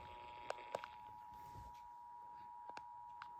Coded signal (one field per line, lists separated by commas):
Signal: Emergency Alert System (SAME) tones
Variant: 853 and 960 Hz attention tone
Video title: Amber alert ￼from 11/1/24 Eas 777